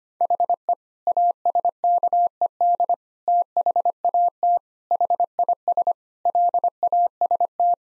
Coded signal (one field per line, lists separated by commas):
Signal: Morse code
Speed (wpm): 25 wpm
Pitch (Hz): 700 Hz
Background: none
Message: HE ASKED THAT HIS LAST